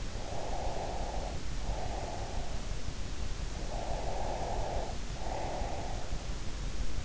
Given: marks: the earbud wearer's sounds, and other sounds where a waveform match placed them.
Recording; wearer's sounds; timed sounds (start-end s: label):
sounds in sleep by an in-ear microphone; breath
0.24-2.66 s: breath
3.66-6.28 s: breath